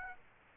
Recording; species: mosquito wingbeat signal from an infrared sensor; Aedes aegypti